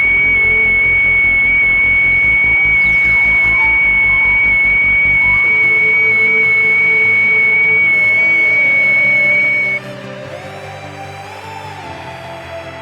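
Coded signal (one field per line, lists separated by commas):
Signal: FT8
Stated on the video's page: Field Day 2020 contest operated from home, class E, on battery emergency power from a portable backyard station.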